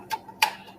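A lab sensor cable plug is pushed into a port on a data interface box, and it seats with a sharp, short click at 0.4 s. A fainter tick comes just before, near 0.1 s.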